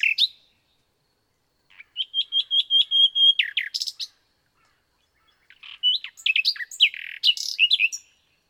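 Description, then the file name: Common nightingale song: a short note, a gap, a rapid run of repeated level whistled notes, then a lively jumble of varied chirps. "Luscinia megarhynchos"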